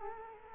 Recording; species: mosquito wingbeat signal from an infrared sensor; Culex quinquefasciatus